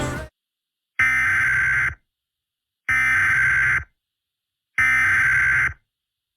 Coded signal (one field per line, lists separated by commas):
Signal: Emergency Alert System (SAME) tones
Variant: header bursts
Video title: EAS Mock #5 - Pollen Avisory (Fake EAS Video)